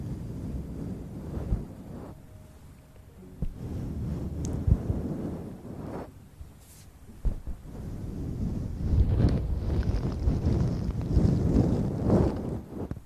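Sounds made close to the mouth: low, muffled breathy rumbles like air blown across a microphone, with sharp pops around 4.7, 6 and 7 seconds. A brief soft hum appears near 2 seconds, and the blowing grows louder and denser from about 9 to 12 seconds.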